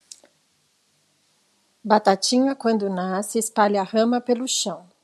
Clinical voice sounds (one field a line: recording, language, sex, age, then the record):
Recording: short text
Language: Brazilian Portuguese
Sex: female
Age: 40 to 49 years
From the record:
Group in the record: control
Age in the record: 48 years